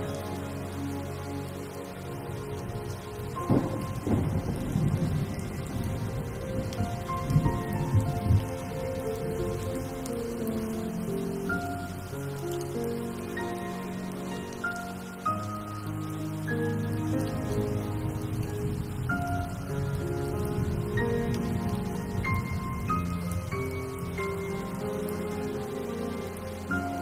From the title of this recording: original sound tracks with rain